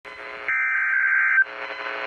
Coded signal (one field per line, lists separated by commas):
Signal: Emergency Alert System (SAME) tones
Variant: header bursts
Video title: Severe Thunderstorm Warning (7/3/19, EAS #44)